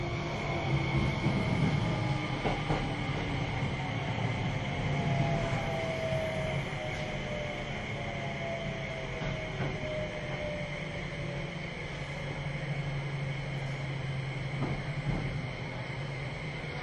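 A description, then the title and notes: A train runs steadily with a dense low rumble, a sustained high whine, slowly falling tones, and occasional clacks and thumps throughout. 京王5000系 ＂Mt TAKAO(マウント高尾)-01号＂. 新宿～高尾山口. The Keio 5000 series is a commuter vehicle that can also be used as a paid train. It is a train running sound (still image) of "Mt TAKAO-01", which is the fastest train of the vehicle.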